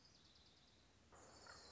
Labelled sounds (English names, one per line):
Orange-crowned Warbler